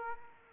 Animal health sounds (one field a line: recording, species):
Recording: mosquito wingbeat signal from an infrared sensor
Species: Aedes aegypti